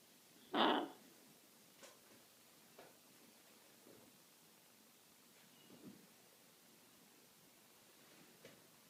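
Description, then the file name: Scarlet macaw giving a single short, hoarse squawk, then only faint taps and low background hiss. Hand-reared scarlet macaw chicks from a breeder. "krasnyi ara ara macao rucnye ptency iz pitomnika"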